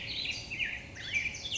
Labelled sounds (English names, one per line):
Black-headed Grosbeak